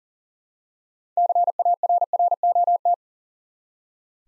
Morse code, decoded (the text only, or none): CARROT